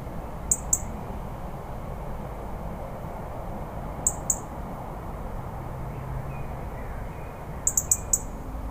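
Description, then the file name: European robin giving short, sharp high ticking calls in quick clusters of two to four, repeated roughly every three and a half seconds over steady low rumbling background noise. "Erithacus rubecula - European Robin"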